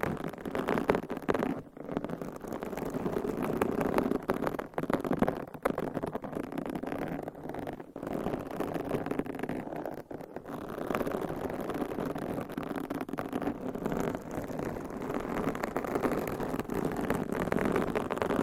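Continuous scratching of fingernails across a microphone cover fills the recording, a dense, rough rustle that stays fairly even in level. Brief dropouts near 2, 5.5, 8 and 10 seconds break the texture, and the sound is fullest in the low and middle range.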